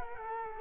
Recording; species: mosquito wingbeat signal from an infrared sensor; Culex quinquefasciatus